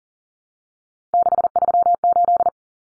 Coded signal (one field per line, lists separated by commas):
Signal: Morse code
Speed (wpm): 40 wpm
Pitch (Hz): 700 Hz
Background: none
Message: 638